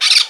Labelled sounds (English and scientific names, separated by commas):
Brown-throated Parakeet (Eupsittula pertinax) contact call